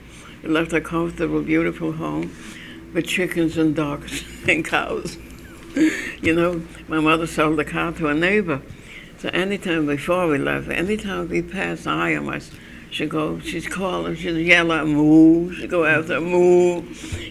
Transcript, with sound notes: She left a comfortable, beautiful home with chickens and ducks and cows. (She laughs) You know, my mother sold the cow to a neighbor so anytime, before we left, anytime we'd pass, any of us, she'd go, she's calling, yeah, " Mooo," she'd go after, " Mooo."